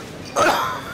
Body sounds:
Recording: coughing mixed with background sound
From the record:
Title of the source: Heavy cold and sore throat coughing.

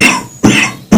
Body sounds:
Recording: coughing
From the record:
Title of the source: Spring Cold Coughing 3

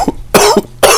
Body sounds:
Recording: coughing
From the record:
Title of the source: Coughing 79

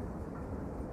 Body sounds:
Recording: background sound without coughing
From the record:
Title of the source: Train Ride Ambience ambient white noise for sleeping, focus, studying, reading

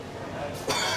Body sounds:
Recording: coughing mixed with background sound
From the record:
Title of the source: Dry Coughing Fit in the Afternoon.

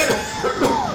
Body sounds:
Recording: coughing mixed with background sound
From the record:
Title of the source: Mid-morning Winter Coughing Fit

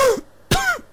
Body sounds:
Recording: coughing mixed with background sound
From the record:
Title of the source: Coughing 51

